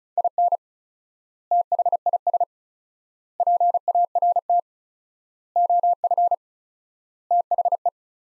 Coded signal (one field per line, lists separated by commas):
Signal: Morse code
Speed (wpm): 36 wpm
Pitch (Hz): 700 Hz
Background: none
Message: IN THIS PART OF THE